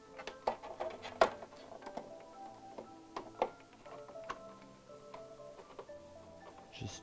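A plastic back cover plate is pressed onto the base of the stand for an LG OLED 48 C1 TV, with music playing in the background. Sharp plastic snaps ring out at 0.5, 1.2 and 3.4 seconds, the loudest at 1.2 seconds. The cover plate snaps into place and is seated.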